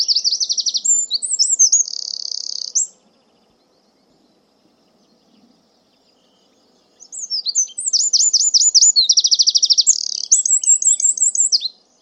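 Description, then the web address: Bird song in two bursts of high rapid trills and sliding chirps, separated by about four seconds of near silence. "cianscape birddata Deverinetal 2025"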